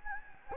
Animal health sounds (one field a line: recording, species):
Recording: mosquito wingbeat signal from an infrared sensor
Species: Anopheles gambiae